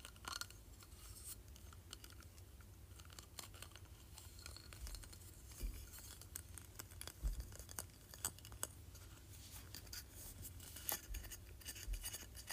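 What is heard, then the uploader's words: Fingers tap a plastic trophy in quick, uneven clicks across the whole stretch, dry, over a low hum. ASMR Tapping Plastic Trophy.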